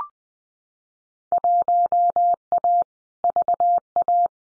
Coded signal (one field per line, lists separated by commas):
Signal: Morse code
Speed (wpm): 20 wpm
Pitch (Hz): 700 Hz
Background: none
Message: 1A VA